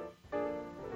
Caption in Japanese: お腹が鳴っちゃったのね。 クーンっていう音。